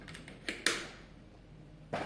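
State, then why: Seated. Plastic retaining clips are pushed in to hold a bypass valve to a water softener head, with a few light ticks before two sharp snaps at 0.5 and 0.7 seconds. The clips seat firmly, confirming the bypass valve is connected, and a softer thump follows near 1.9 seconds.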